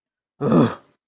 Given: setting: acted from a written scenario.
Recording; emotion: vocal sound without words; anger